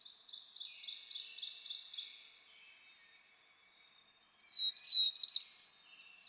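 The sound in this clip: Black-throated blue warbler song: about two seconds of rapid repeated chips, a pause, then a slurred phrase rising into a high buzzy ending.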